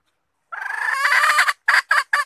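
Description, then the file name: Red junglefowl hen calling with one long, strained note that swells in loudness, then three short, sharp clucks. Hen (female) calling to find a mate. "tieng ga rung mai keu tim kiem ban tinh"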